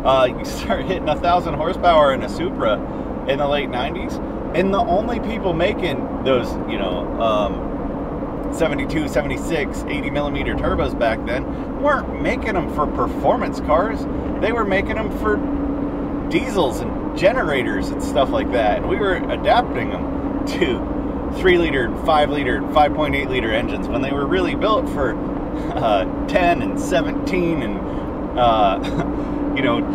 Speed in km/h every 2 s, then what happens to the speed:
77, 77, 79, 81, 81, 81, 81, 84, 82, 82, 84, 84, 85, 85, 85.
0-30 steady at about 82.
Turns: none.